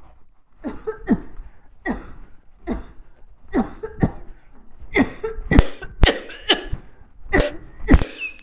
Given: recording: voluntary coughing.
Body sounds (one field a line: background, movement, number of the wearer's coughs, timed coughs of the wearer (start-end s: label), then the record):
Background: quiet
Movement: walking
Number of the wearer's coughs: 12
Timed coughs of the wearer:
0.63-1.01 s: cough
1.06-1.54 s: cough
1.83-2.24 s: cough
2.67-3.00 s: cough
3.52-3.94 s: cough
3.99-4.34 s: cough
4.92-5.41 s: cough
5.49-5.99 s: cough
6.03-6.40 s: cough
6.47-6.79 s: cough
7.30-7.82 s: cough
7.85-8.36 s: cough
From the record:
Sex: female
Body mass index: 21.8 kg/m2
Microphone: on the chest, facing the body